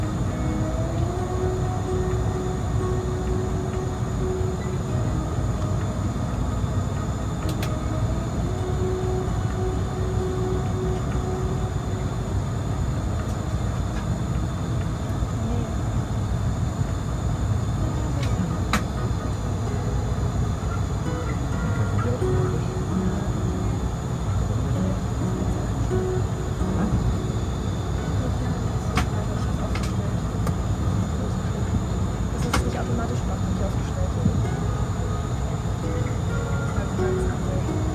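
Steady airplane engine roar fills the cabin throughout, with a thin constant whine above, faint murmurs, and a few sharp clicks near 18 and 32 seconds.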